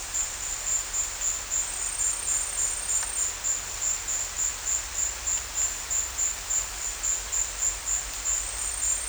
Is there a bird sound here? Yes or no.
no